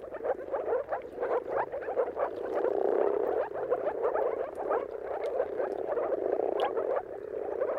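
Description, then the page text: Moor frogs calling in chorus, soft repeated bubbling notes piling up, loudest around the middle. Dawn chorus of moor frogs giving mating calls at sunrise, turn of March and April, timing depending on weather. "earth-fm Jakub-Orzecki moor frogs. Dawn’s Chorus: Mating Calls of Marsh Frogs at Sunrise. Depending on the weather at the turn of March and April, you can witness an amazing spectacle of moor frogs"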